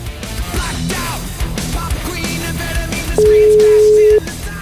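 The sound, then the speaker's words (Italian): A single loud, steady mid-pitched ringing tone of an outgoing phone call lasts about a second, following a few seconds of busy, jumbled background sound. “Telefonata, vai.”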